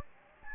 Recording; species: mosquito wingbeat signal from an infrared sensor; Anopheles gambiae